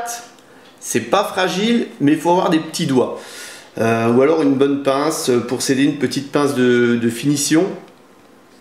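On a 1/8 scale Ford GT40 model car kit, a small plastic part is being handled to fit onto the middle of a circuit piece, with the fingers or small finishing pliers, while someone talks throughout. A faint sharp tick comes at 0.4 s, but nothing has seated or clicked yet; the part is not home by the end.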